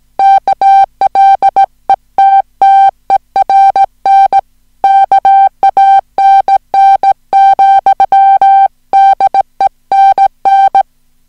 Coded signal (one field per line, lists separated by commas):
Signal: Morse code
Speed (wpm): 18 wpm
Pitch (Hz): 780 Hz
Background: music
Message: KLETTERN KANN, DENN